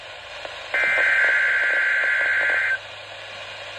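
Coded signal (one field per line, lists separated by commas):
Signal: Emergency Alert System (SAME) tones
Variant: header bursts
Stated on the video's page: National Weather Service Required Weekly Test.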